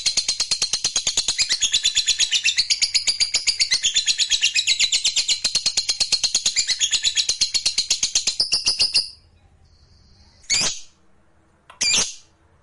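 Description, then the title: Lovebird pours out a long rapid shrill trill for about nine seconds, then falls quiet before two short sharp chirps. Fighter lovebird performing ngekek panjang, a long trill. "Begitu Dengar Suara Lovebird FIGHTER NGEKEK PANJANG"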